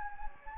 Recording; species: mosquito wingbeat signal from an infrared sensor; Anopheles gambiae